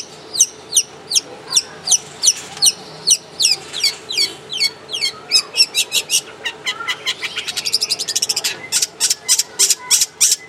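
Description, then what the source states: Long-tailed shrike song: a steady run of down-slurred whistled notes that speeds into rapid, harsh, buzzy chattering toward the end. Masteran (training audio) for caged birds, long-tailed shrike called cendet and pentet, tembakan style.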